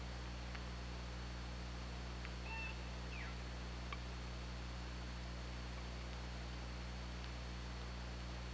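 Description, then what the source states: Orca calls: a couple of short, tonal, bending whistles with harmonics rise out of constant hiss and steady low hum, with scattered sharp clicks. Underwater hydrophone at OrcaLab, 24 August 2017 at 22:21:30.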